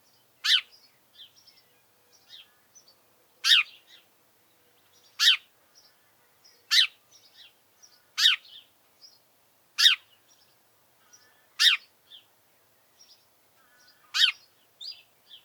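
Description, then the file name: House sparrow giving several loud, harmonic chirps at irregular intervals, with faint softer chirps between them. "Passer domesticus"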